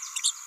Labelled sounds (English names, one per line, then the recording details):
Green-rumped Parrotlet babbling
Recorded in a nest box in Venezuela
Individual 18B17A3